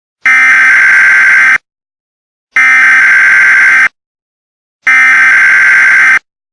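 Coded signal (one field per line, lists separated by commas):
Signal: Emergency Alert System (SAME) tones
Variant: header bursts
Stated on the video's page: Simulated EAS scenario for a fictional alien invasion.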